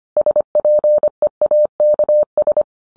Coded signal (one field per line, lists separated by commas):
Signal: Morse code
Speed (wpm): 25 wpm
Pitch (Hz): 600 Hz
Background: none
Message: SPEAKS